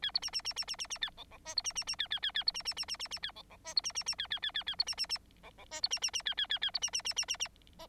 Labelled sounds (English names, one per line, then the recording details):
Bengalese Finch song
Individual Bird9